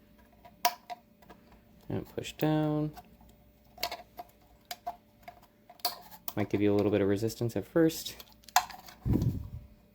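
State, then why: Seated. A drum spring is pushed down into a toy blaster magazine housing against some resistance while someone talks, with scattered small ticks and taps along the way. A sharp click at 8.6 s marks the spring locking into place in the magazine.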